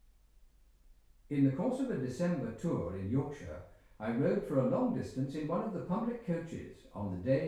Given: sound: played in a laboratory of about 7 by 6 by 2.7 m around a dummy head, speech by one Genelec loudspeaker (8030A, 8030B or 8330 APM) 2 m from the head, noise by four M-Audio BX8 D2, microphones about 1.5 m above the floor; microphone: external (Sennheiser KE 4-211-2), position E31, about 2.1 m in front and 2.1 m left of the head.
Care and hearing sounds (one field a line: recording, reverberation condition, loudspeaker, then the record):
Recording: male speech in English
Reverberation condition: medium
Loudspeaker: 30 degrees to the left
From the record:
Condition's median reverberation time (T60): about 510 ms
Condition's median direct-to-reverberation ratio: about -0.5 dB